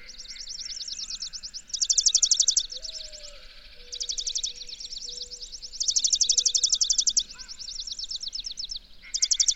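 Bird song of quick, high-pitched trilled notes, loud bursts alternating with quieter twittering, and a faint low whistle beneath.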